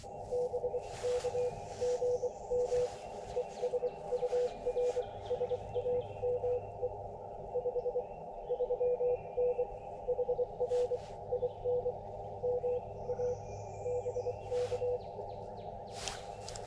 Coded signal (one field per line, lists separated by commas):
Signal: Morse code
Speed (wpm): 23 wpm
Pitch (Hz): 490 Hz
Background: none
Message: BK GM ES UR SAME 53N HR IN MA BK